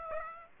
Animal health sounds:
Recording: mosquito wingbeat signal from an infrared sensor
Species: Aedes aegypti

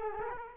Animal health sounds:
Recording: mosquito wingbeat signal from an infrared sensor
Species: Culex quinquefasciatus

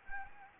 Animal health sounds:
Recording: mosquito wingbeat signal from an infrared sensor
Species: Anopheles gambiae

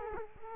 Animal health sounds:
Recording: mosquito wingbeat signal from an infrared sensor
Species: Culex quinquefasciatus

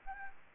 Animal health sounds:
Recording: mosquito wingbeat signal from an infrared sensor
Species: Anopheles gambiae

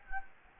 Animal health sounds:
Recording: mosquito wingbeat signal from an infrared sensor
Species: Anopheles gambiae

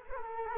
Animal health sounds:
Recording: mosquito wingbeat signal from an infrared sensor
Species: Culex quinquefasciatus

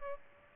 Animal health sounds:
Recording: mosquito wingbeat signal from an infrared sensor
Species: Aedes aegypti

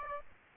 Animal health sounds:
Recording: mosquito wingbeat signal from an infrared sensor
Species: Aedes aegypti

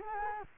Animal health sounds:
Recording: mosquito wingbeat signal from an infrared sensor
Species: Culex quinquefasciatus

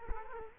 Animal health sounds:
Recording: mosquito wingbeat signal from an infrared sensor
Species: Culex quinquefasciatus

